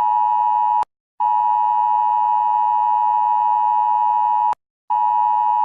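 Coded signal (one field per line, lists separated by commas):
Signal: Emergency Alert System (SAME) tones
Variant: 853 and 960 Hz attention tone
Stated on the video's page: Imagined British tornado warning, a simulated alert rather than a real broadcast.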